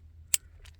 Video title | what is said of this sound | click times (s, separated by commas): Boondocking Without This? You're Taking a Huge Risk | there you go close it until it snaps and there you go you got a tight connection there | 0.3 s